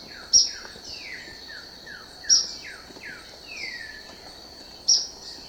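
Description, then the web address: Ornate flycatcher giving three piercing high notes two to three seconds apart, while another bird repeats descending whistled slurs throughout. Ecuador. "Birds of Ecuador. Ornate Flycatcher"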